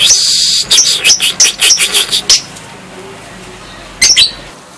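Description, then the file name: Lovebird song in quick bursts of shrill, high chirps, a dense run in the first two seconds, then a pause before a short final burst. National contest champion lovebird named Si Gempol. "Suara Lovebird Juara Lomba Nasional Si Gempol Juara"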